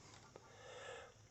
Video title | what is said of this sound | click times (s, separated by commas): How To Use A Drill | you'll take your charger slide it up from the bottom till it clicks | 0.4 s